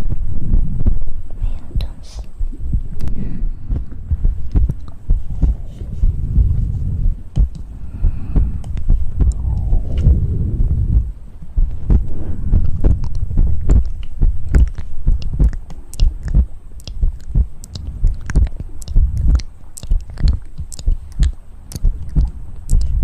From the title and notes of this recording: ASMR Best Mouth Sounds.